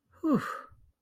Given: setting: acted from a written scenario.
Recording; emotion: vocal sound without words; relief